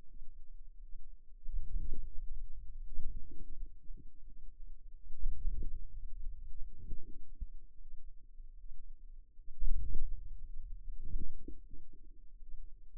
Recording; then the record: forearm muscle sounds (acoustic myography)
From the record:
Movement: hand closing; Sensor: system 2, bracelet of six BSWA MPA416 microphones around the upper forearm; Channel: 2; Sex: female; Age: 23 years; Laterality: right